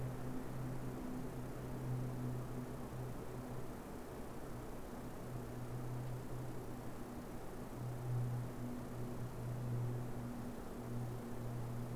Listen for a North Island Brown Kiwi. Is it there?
no